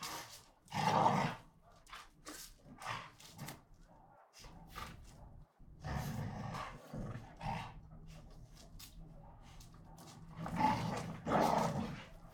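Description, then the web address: American Pit Bull Terriers growl and snarl in scattered harsh bursts of varying loudness. Two pit bulls, Tessa and Bahko, fighting each other. "NS Studios - ultra sound collection animals dogs - Pit bull Tessa Pit bull Bahko fight"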